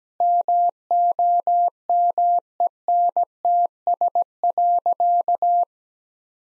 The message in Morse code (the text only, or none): MOMENTS.